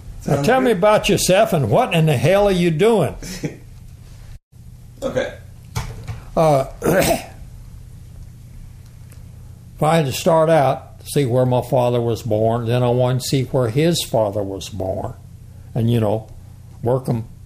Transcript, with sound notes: Tell me about yourself and what in the hell are you doing?
[chuckles] okay..
(Clears throat) I had to start out see where my father was born, then I went to see where his father was born, and you know, work them